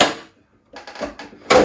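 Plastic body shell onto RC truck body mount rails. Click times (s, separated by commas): 0.0 s, 1.5 s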